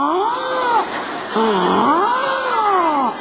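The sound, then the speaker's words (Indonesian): A voice mimics the creaking house door of a poor person's hut swinging open, drawn-out wavering squeaks that rise and fall in pitch across three strained, nasal swells, loud and with no other talk. “Itu pintu rumah dibuka berbunyi.”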